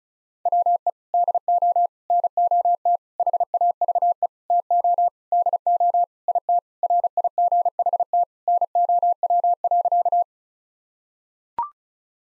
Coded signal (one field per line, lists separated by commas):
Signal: Morse code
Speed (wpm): 34 wpm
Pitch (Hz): 700 Hz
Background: none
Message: WE DO NOT HAVE TO DO IT RIGHT NOW.